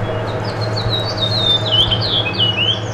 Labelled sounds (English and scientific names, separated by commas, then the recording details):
House Finch (Haemorhous mexicanus) song
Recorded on Long Island, New York, on 22 June 2011
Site IT
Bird A